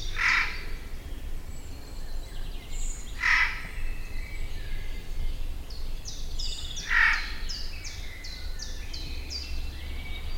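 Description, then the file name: Eurasian jay screeching three times, each rasp short and harsh, followed by a rapid series of high twittering notes from another bird. "Garrulus glandarius"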